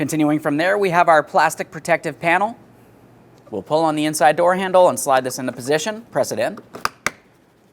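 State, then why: Seated. Someone talks while a plastic protective door panel on a 2013-2020 Ford Fusion is slid into position with the inside door handle pulled, then pressed in. A brief tap at 6.9 s is followed by a sharp click at 7.1 s as the panel's clips snap into the door and it seats.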